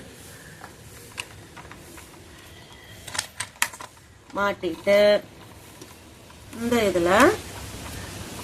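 A plastic track piece of a duck roller coaster toy is handled and pushed toward its place in the toy frame, with a light tap near 1.2 s and a cluster of short sharp knocks between about 3.1 and 3.8 s. Someone talks. Nothing has seated or clicked yet; the piece is not yet home.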